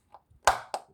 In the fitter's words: pop it until it clicks